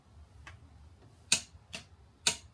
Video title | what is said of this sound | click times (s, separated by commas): FL5 Type R Gets $20k in Mods! 27Won, HKS, PRL, Hondata, Full Race and More | Very satisfying click on this torque wrench, | 1.3 s, 2.3 s